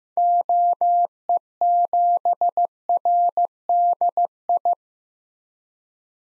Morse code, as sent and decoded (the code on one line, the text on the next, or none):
--- . --... .-. -.. ..
OE7RDI